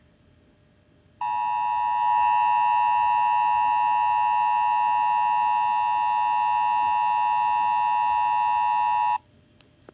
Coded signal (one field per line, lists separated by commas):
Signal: Emergency Alert System (SAME) tones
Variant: 853 and 960 Hz attention tone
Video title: EAS test